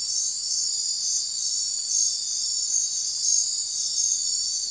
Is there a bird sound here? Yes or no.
no